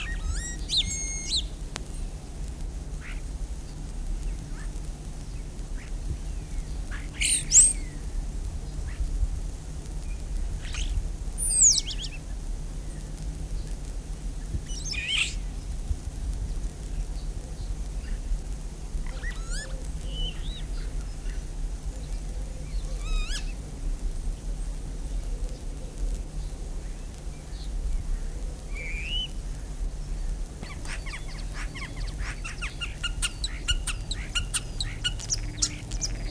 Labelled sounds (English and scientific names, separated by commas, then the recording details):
European Starling (Sturnus vulgaris)
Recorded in the wild
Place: Neustadt am Rübenberge, OT Schneeren, Mecklenburg-Vorpommern, DE
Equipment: Halbspur, 9,5 cm/s
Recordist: Lütgens, Hans